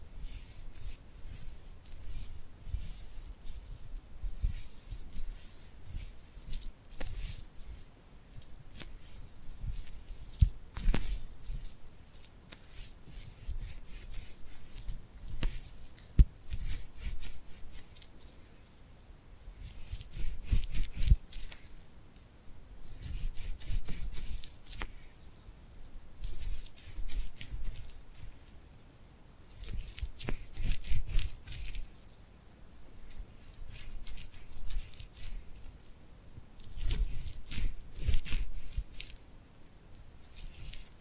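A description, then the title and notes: Crisp hand sounds of palms rubbing and sticky skin peeling apart, in uneven bursts with brief pauses. ASMR Tingly Glued Hand Sounds for Sleep (No Talking).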